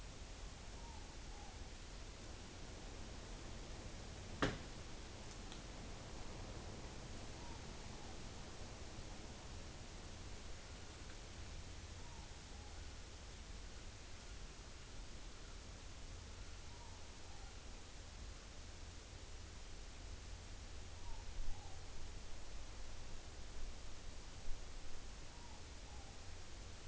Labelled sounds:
Morepork more-pork call
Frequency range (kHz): Morepork 0.6-1.1 kHz
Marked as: faintness 3/5, faintness 4/5
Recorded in New Zealand on 11 September 2013
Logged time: 02:19
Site Ponui

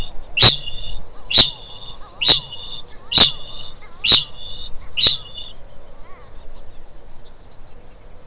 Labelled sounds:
Kākāpō ching call
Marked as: faintness 2/5
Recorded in New Zealand
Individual Stumpy

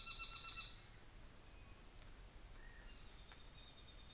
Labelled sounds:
North Island Saddleback
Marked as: faintness 1/5, faintness 3/5
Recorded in New Zealand on 24 December 2018
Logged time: 10:15

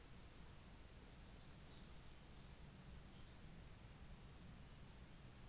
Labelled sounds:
New Zealand Fantail
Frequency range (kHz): New Zealand Fantail 4.2-7.6 kHz
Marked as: faintness 3/5, faintness 2/5
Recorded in New Zealand on 24 December 2018
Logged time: 15:45

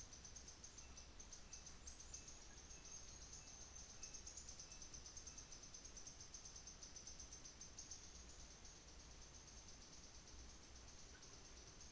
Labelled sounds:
North Island Saddleback
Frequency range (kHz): North Island Saddleback 2.3-2.9 kHz
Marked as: faintness 5/5
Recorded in New Zealand on 24 December 2018
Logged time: 17:45

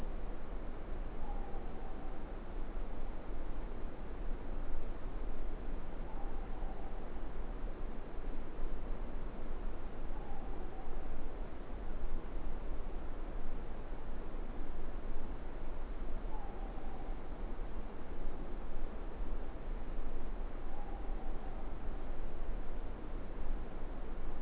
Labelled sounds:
Morepork more-pork call
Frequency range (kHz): Morepork 0.7-1.0 kHz
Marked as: faintness 4/5
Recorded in New Zealand
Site Eglinton

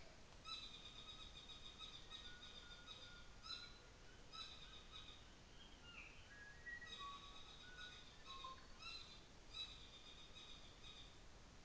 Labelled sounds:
North Island Saddleback
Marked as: faintness 2/5
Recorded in New Zealand on 24 December 2018
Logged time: 17:00

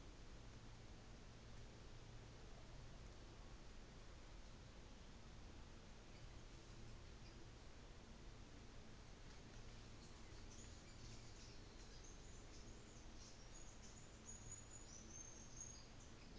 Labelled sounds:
New Zealand Fantail
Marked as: faintness 3/5
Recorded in New Zealand on 24 December 2018
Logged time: 14:00

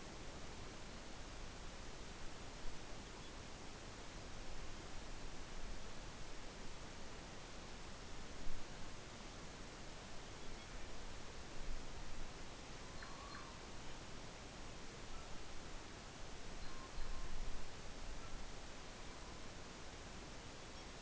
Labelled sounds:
Morepork trill
Morepork more-pork call
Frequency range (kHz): Morepork 0.9-1.8 kHz
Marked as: faintness 5/5
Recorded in New Zealand on 12 November 2013
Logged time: 02:19
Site Ponui

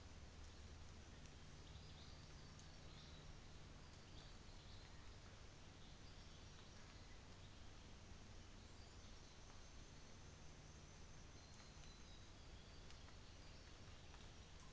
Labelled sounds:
New Zealand Fantail
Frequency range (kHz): New Zealand Fantail 5.7-6.7 kHz
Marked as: faintness 5/5
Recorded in New Zealand on 24 December 2018
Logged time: 11:00

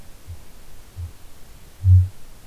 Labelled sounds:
Kākāpō boom
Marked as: faintness 3/5, faintness 1/5
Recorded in New Zealand
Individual Ben

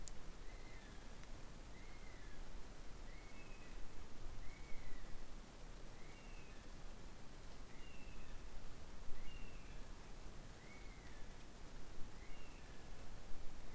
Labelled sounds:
North Island Brown Kiwi male call
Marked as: faintness 3/5
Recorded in New Zealand on 13 December 2015
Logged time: 21:44
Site CL72

